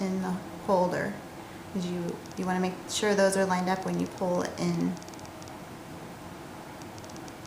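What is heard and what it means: A microsensor is lined up in its holder before being pulled in, with only faint rustling and handling sounds while someone talks. Nothing has seated or clicked yet.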